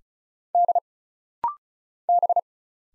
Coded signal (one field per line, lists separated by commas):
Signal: Morse code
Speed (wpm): 34 wpm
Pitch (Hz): 700 Hz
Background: none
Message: D B